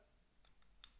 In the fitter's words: until it clicks and let's mount the adapter